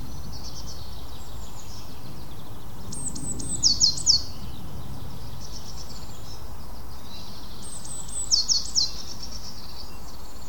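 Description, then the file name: Eurasian blue tit giving two bursts of very high, thin down-slurred notes, each ending in a short sharp cluster, about five seconds apart, over a steady low rumbling background. "Cyanistes caeruleus"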